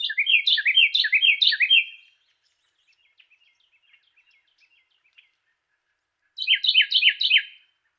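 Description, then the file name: Carolina wren singing a rapid chant of repeated downslurred whistled syllables, followed by faint soft chips, then another ringing burst of the same phrase. Song variation number three. "suara-kicauan-burung-carolina-wren-variasi-3-omkicau"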